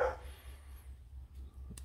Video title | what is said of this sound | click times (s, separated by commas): How to Pin and De-Pin 9006/9005 Automotive Connectors | and you'll hear it click and you're good to go | 1.8 s